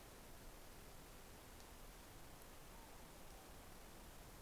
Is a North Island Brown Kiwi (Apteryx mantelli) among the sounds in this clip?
no